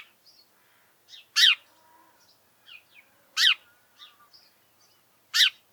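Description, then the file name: House sparrow calling with three strong chirps spaced about two seconds apart, while quieter chirps and twitters fill the gaps. "Passer domesticus"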